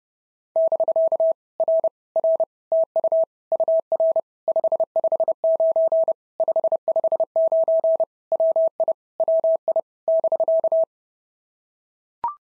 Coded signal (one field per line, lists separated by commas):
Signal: Morse code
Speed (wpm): 30 wpm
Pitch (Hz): 650 Hz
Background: none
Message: <BK> R R TU UR 559 559 WI WI <BK>